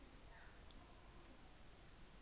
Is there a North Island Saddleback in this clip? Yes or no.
no